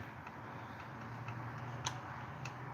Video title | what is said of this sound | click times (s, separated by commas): Texas Chainsaw Restorations is live! | Just like that. Snaps in place. | 1.9 s